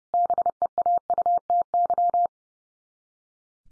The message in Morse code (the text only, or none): BEAUTY